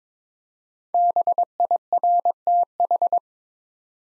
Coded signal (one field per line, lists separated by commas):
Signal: Morse code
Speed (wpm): 22 wpm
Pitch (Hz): 700 Hz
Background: none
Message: BIRTH